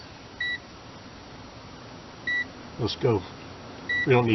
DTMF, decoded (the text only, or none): none